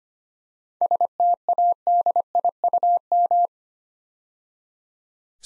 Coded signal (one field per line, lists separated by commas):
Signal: Morse code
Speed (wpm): 25 wpm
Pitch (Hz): 700 Hz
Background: none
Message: STADIUM